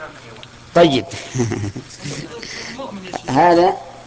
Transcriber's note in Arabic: ضحك الشيخ رحمه الله